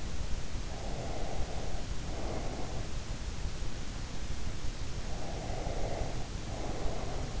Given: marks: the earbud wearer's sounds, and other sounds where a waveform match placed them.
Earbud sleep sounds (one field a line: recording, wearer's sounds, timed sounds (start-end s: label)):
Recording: sounds in sleep by an in-ear microphone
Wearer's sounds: breath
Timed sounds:
0.72-2.98 s: breath
5.05-7.40 s: breath